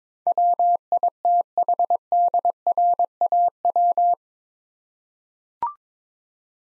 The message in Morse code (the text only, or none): WITHDRAW